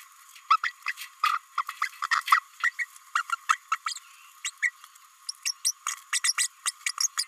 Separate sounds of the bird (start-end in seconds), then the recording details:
0.50-0.57, 0.63-0.72, 0.86-0.93, 1.23-1.38, 1.57-1.64, 1.81-1.88, 2.02-2.08, 2.10-2.21, 2.27-2.40, 2.63-2.72, 2.79-2.86, 3.15-3.22, 3.32-3.35, 3.49-3.57, 3.71-3.77, 3.85-3.99, 4.44-4.50, 4.62-4.71, 5.29-5.33, 5.45-5.54, 5.64-5.72, 5.86-5.96, 6.12-6.20, 6.24-6.33, 6.37-6.48, 6.65-6.71, 6.86-6.92, 7.00-7.07, 7.17-7.24. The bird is a female. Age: 29 days. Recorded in a nest box in Venezuela. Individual 17B32A5